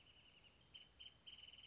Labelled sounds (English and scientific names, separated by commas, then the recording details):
Wrentit (Chamaea fasciata)
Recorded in Sonoma County, California